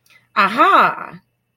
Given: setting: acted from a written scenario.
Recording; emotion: vocal sound without words; realization